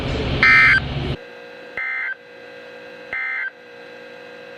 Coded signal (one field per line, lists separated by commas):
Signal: Emergency Alert System (SAME) tones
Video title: EAS #1005: Winter Storm Warning on KHB36 & WXM42